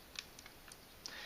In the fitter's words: and it will click and latch in there and if you need to get it out you just push with your fingernail and it'll pop back out again